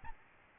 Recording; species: mosquito wingbeat signal from an infrared sensor; Aedes albopictus